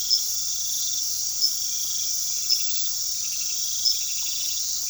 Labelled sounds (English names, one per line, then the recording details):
none
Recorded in pastures near Puerto Asís, Putumayo, Colombia, on 19 February 2024 at 23:30
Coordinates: 0.468, -76.328
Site G6414